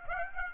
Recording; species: mosquito wingbeat signal from an infrared sensor; Aedes aegypti